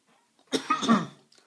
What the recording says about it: And I just went to take a sip. So you wouldn't hear the coughing. I thought the tea was supposed to soothe my throat. Instead, it's clogged me up a little bit.